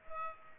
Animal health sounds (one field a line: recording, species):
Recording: mosquito wingbeat signal from an infrared sensor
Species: Culex pipiens